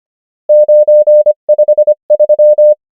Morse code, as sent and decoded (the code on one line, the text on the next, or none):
----. ..... ...--
953